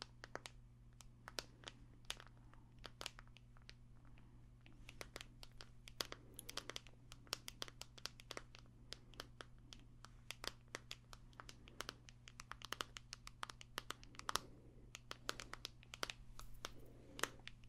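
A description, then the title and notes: Quick, crisp taps fall in dense irregular bursts throughout, some faintly crinkly, over a steady low hum that never changes. ASMR Extra Tingly Tapping No Talking.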